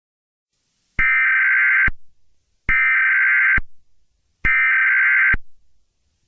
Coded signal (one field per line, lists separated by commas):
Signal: Emergency Alert System (SAME) tones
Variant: header bursts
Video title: Mario EAS Scenario: Dark Moon